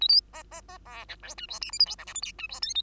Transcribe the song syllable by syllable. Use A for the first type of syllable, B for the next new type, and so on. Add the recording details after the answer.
A B C C C D E F G H I J K L M N O P G H Q A. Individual Bird2